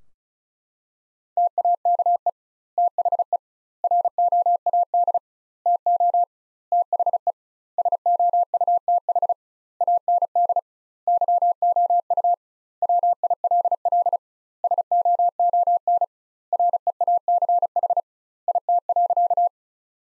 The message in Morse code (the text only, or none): TAKE THE ROAD TO THE SOUTH AND YOU WILL SOON REACH IT.